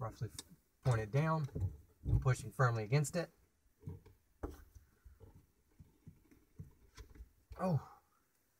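Someone talks while pressing an HTC RE camera suction mount firmly onto a car windshield's glass, pointing it roughly downward, so the base wheel can be turned clockwise to lock it. A brief sharp sound at about 4.4 s is followed by quieter handling noises. Nothing has seated or clicked yet.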